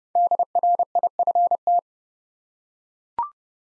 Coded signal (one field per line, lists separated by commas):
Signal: Morse code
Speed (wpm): 30 wpm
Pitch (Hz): 700 Hz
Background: none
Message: DRIFT